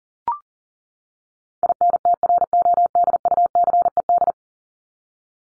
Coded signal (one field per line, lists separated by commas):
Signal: Morse code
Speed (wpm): 40 wpm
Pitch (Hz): 700 Hz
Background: none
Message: INTRODUCED